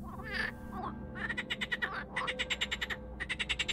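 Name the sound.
frog croaking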